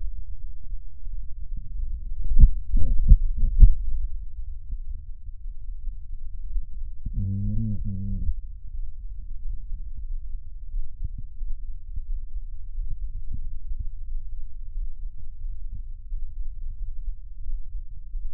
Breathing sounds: lung sounds by stethoscope; right anterior apical chest; quiet breathing, then cough and speech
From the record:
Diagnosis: COPD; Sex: male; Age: 81 years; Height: 166 cm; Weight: 98.7 kg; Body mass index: 35.8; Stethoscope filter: bell mode

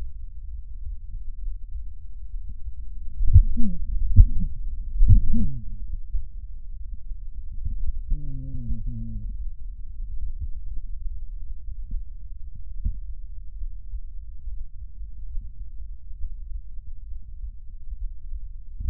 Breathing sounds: lung sounds by stethoscope; left anterior apical chest; quiet breathing, then cough and speech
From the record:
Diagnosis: COPD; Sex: male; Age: 64 years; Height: 166 cm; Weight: 92.7 kg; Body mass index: 33.6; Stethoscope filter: bell mode

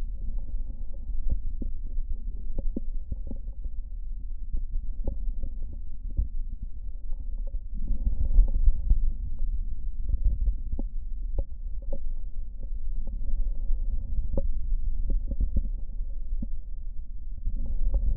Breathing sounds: lung sounds by stethoscope; left posterior basal chest; quiet breathing, then deep breathing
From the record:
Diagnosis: COPD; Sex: male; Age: 80 years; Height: 171 cm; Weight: 75 kg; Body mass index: 25.6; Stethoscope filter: diaphragm mode

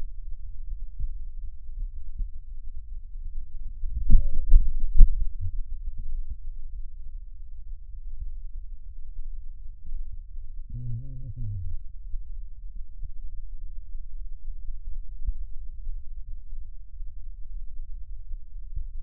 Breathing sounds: lung sounds by stethoscope; left posterior basal chest; quiet breathing, then cough and speech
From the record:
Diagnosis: interstitial lung disease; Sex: male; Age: 66 years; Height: 172 cm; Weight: 107.6 kg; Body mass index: 36.4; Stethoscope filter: bell mode

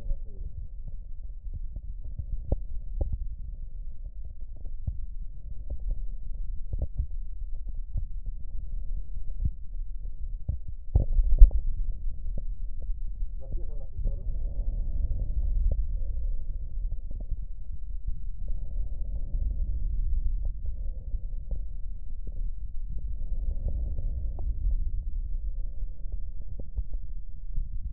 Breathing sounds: lung sounds by stethoscope; right posterior apical chest; quiet breathing, then deep breathing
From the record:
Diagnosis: pulmonary infection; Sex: male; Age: 74 years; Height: 171 cm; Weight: 80 kg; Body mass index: 27.4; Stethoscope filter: extended mode

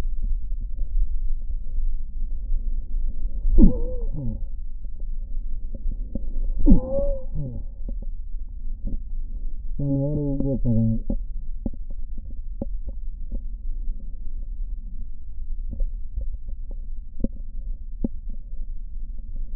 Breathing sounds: lung sounds by stethoscope; right posterior basal chest; quiet breathing, then cough and speech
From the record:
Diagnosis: COPD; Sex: male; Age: 57 years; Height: 165 cm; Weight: 85.7 kg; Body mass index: 31.5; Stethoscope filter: diaphragm mode

